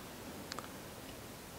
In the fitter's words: there i just felt the softest click let me use my fingernails